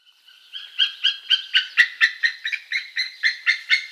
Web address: Schulze Peter White-tailed Eagle